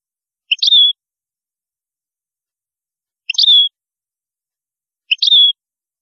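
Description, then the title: European goldfinch: three similar short phrases, each a few quick notes ending in a downslurred whistle. "Chant Chardonneret"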